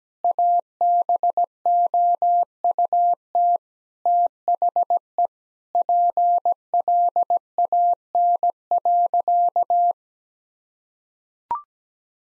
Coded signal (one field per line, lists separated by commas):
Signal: Morse code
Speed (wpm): 17 wpm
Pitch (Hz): 700 Hz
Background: none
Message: ABOUT THE PLAN.